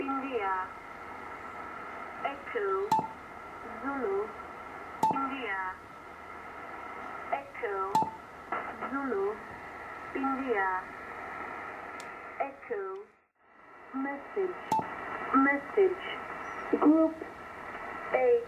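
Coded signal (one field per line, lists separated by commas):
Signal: numbers station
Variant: E10, phonetic alphabet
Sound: female voice slowly reading phonetic-alphabet letters like Zulu and India, evenly spaced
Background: radio static and hum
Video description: Spy Numbers Station E10 transmits the same message at the same moment, on two various frequencies.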